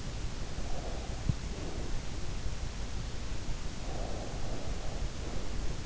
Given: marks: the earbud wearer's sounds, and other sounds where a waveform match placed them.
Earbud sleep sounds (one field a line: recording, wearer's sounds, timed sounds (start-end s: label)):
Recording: sounds in sleep by an in-ear microphone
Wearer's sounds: breath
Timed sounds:
0.77-2.01 s: breath
4.00-5.65 s: breath